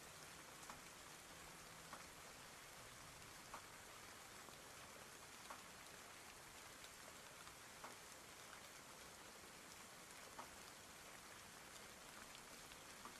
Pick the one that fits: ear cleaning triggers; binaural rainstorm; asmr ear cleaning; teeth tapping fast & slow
binaural rainstorm